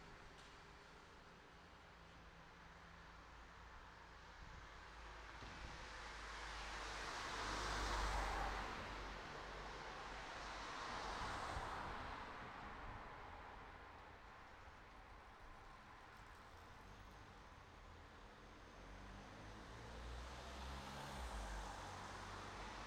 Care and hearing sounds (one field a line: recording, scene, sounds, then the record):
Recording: everyday scene through a hearing-aid microphone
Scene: in traffic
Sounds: traffic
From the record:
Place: city secondary road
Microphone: in the ear canal, right